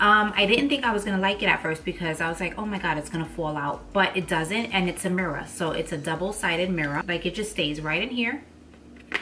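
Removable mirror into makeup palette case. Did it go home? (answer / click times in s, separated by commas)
yes / 9.1 s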